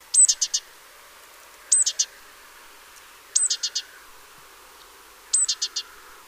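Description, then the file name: Great tit call repeated four times, each a high thin note followed by three or four quick clipped chips, in a quiet background. "Parus major"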